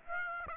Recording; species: mosquito wingbeat signal from an infrared sensor; Aedes aegypti